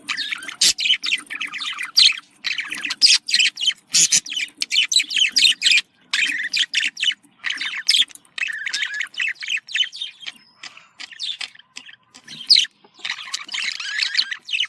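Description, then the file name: Lovebird chattering song, a dense stream of shrill chirps, squeaks and buzzy twitters in quick bursts with brief gaps, several sharp squawks mixed in. "Avaz Morgh Eshgh"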